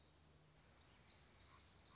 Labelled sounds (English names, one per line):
Black-throated Gray Warbler